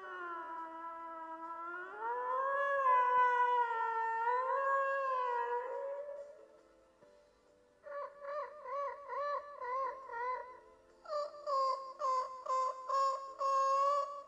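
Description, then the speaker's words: Beluga whale: beluga calls: a wavering, sliding whistle, then rapid pulsed, warbling trills repeated in quick bursts of roughly two per second. Belugas, called canaries of the sea, are endemic to Arctic and subarctic waters and move south when the Arctic sea freezes over, staying in Arctic or subarctic waters. "Voy a cerrar este podcast con el sonido de la beluga, también conocidos como los canarios del mar."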